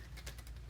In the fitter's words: it back on make sure it clicks okay and you're good to go